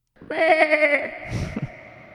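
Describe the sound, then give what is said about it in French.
A goat lets out a single loud, quavering bleat lasting about a second, its nasal tone trembling rapidly, then trailing off into a rough, breathy fade. “Puis là, t'entends la chèvre ou le mouton qui place sa gueule dans l'herbe et qui ramasse de l'herbe.”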